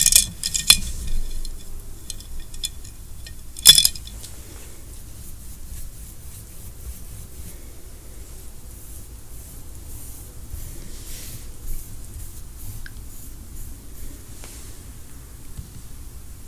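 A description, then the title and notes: Painting Christmas ornaments: a few sharp taps early on and near four seconds, then soft, faint brushing strokes. Painting ornaments for our Christmas tree.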